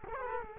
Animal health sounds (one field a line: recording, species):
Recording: mosquito wingbeat signal from an infrared sensor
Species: Culex quinquefasciatus